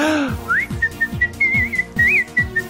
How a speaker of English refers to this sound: I know, let's all whistle while we work.